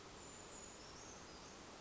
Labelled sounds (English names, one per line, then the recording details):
Brown Creeper
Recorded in Sonoma County, California